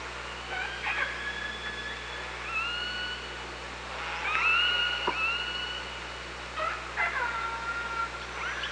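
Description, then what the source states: Orca pulsed calls, repeated tonal squeals with upsweeps and long flat harmonic tones, several overlapping across the stretch, over steady underwater hiss and hum. OrcaLab, 24 August 2017, 15:33.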